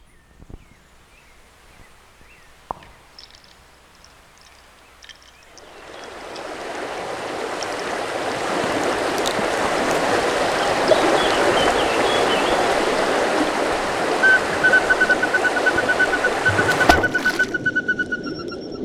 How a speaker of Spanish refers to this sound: Es el instante en que la tercera ola cae y la cuarta está por llegar. Es el instante en el que el capitán de la lancha acelera para salir de la bocana.